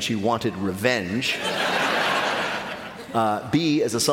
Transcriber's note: laughter